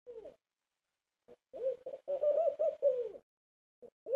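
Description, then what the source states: Dove cooing in short broken phrases, low soft notes with gaps of silence between bursts. Calling a companion from a window.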